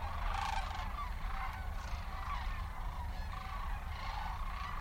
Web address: Sandhill Cranes Spread Their Wings, Rest a Spell in US Midwest